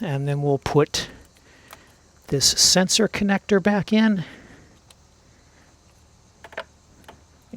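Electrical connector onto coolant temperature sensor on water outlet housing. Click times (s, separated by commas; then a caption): 6.6 s. During a water outlet replacement for a coolant leak on a 2011–2020 GM Ecotec 1.4L Turbo engine (Cruze, Encore, Sonic, Trax), a plastic electrical connector is pushed back onto the coolant temperature sensor on the water outlet housing. Someone talks for the first half of the clip, then quieter handling noises and short taps follow. The connector clicks into place and is seated at 6.6 s.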